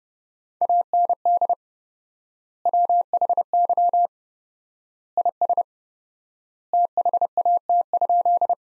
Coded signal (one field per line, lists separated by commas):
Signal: Morse code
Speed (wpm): 30 wpm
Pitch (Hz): 700 Hz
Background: none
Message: AND WHY IS THAT?